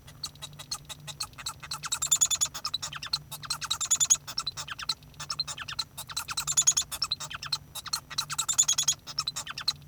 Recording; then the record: song of a male Bengalese finch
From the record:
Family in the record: son of father 1